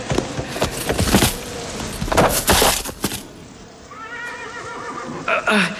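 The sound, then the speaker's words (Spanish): Rough, noisy bursts of snorting and shuffling give way to a horse's high, quavering whinny that rises and wobbles for a second or two before a final loud snort. “No relinches tonterías. Estás tan desorientado como yo.”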